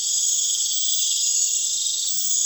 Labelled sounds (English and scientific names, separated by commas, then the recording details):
none
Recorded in pastures near Puerto Asís, Putumayo, Colombia, on 30 June 2025 at 02:30
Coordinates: 0.502, -76.324
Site G010